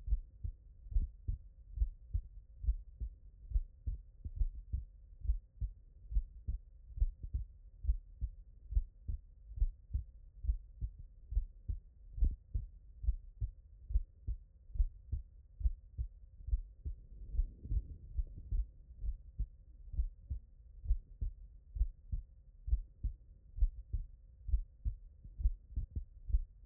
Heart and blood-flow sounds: heart sounds by stethoscope; tricuspid valve (TV)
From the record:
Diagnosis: non-HFrEF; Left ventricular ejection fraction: 69%

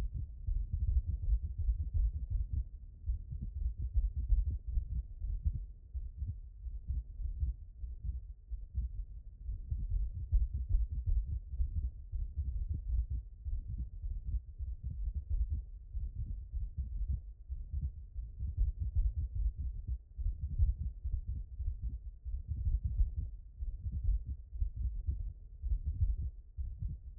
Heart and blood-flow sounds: heart sounds by stethoscope; pulmonary valve (PV)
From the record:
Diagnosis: HFrEF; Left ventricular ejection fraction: 29%

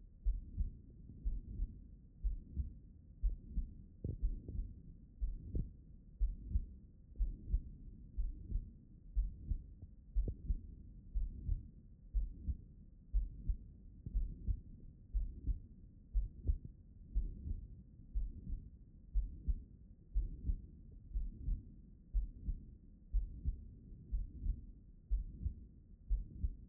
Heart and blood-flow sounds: heart sounds by stethoscope; pulmonary valve (PV)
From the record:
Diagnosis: non-HFrEF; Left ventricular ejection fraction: 59%

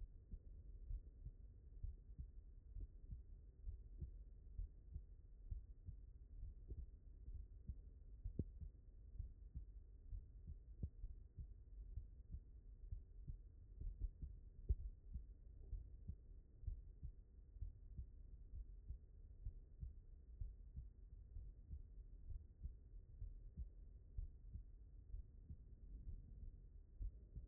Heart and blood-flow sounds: heart sounds by stethoscope; mitral valve (MV)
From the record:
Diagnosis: non-HFrEF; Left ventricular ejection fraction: 64%

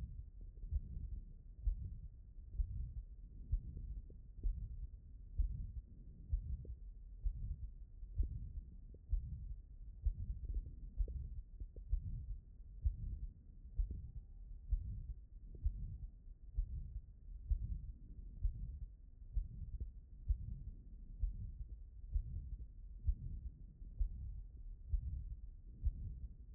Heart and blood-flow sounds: heart sounds by stethoscope; aortic valve (AV)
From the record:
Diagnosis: non-HFrEF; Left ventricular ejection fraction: 71%

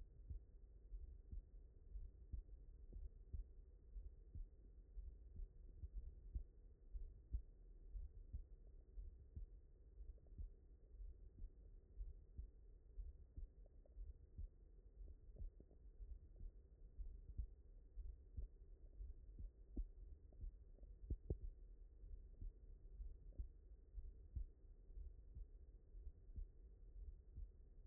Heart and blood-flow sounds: heart sounds by stethoscope; mitral valve (MV)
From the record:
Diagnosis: non-HFrEF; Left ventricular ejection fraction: 59%

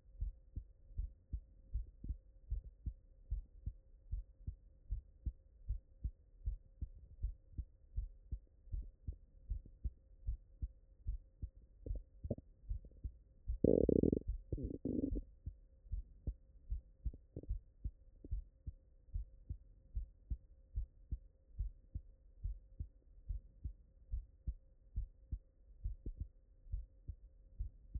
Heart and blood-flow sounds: heart sounds by stethoscope; mitral valve (MV)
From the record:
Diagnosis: non-HFrEF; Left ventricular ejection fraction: 64%

